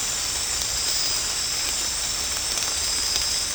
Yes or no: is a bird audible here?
no